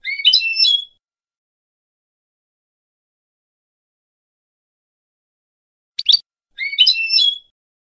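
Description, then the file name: European goldfinch song: a short jangling twittery phrase, a long silence, then a brief sharp note followed by the same tinkling phrase again. "audio burung goldfinch"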